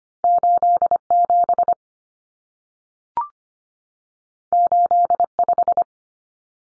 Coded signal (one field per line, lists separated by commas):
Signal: Morse code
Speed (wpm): 25 wpm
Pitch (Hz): 700 Hz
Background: none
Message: 87 85